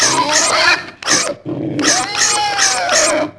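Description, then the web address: Pig squealing in three harsh, shrill bursts: a longer squeal, a brief one, then a long drawn-out squeal with a gliding tone. "Dorling Kindersley My First Incredible Amazing Dictionary. pig"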